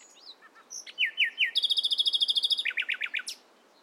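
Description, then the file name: Common nightingale song: a varied phrase of whistles, a few buzzy notes, then a burst of rapid repeated chirps and a few sharp notes. "Luscinia megarhynchos"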